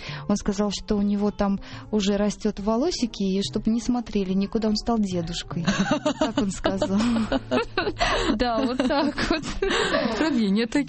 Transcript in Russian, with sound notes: Он мне сказал, что у него там уже растут волосики и чтобы не смотрели никуда – он стал дедушкой. Вот так он сказал. (все смеются)
Откровения такие.